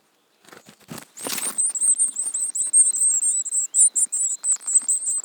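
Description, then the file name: Eurasian blue tit calls: a rapid, dense stream of very high, thin chirps with a few lower rising notes, after a short burst of rustling near the start. "Cyanistes caeruleus"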